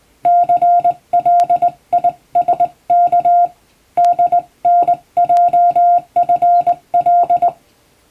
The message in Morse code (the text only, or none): CLISK DNJFL